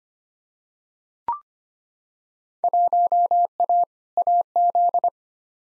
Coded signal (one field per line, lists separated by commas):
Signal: Morse code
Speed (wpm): 25 wpm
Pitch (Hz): 700 Hz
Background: none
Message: 1A AZ